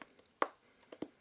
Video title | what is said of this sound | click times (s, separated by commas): Sistema BAKE IT | and snapping it down, you can hear that light snapping noise | 0.4 s